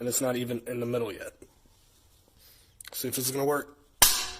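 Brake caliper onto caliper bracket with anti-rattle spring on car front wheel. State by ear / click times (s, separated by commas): seated / 4.0 s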